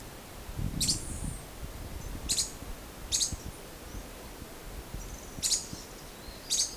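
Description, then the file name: Pallid spinetail calling with five high, sharp chipping bursts at irregular intervals, plus a brief low rumble near the start and faint background hiss. "canto do arredio palido"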